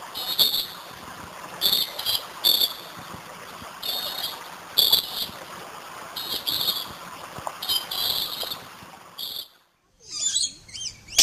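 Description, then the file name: Lorikeet harsh shrieks, grating high bursts repeated in irregular pairs and singles, then a brief break before a scratchy, twittering burst at the end. "Лори -Лорикет -Попугай -Голоса-птиц"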